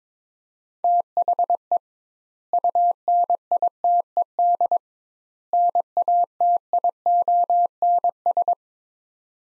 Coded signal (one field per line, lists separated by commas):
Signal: Morse code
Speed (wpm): 22 wpm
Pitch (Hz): 700 Hz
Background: none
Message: THE UNITED NATIONS